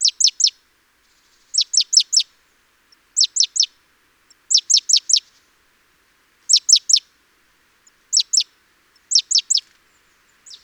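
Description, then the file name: Great tit calls: quick bursts of two to four high, sharply falling notes, repeated several times with short pauses, over a quiet background. "Parus major"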